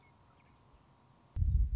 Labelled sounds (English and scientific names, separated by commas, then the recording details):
Western Meadowlark (Sturnella neglecta)
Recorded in Sonoma County, California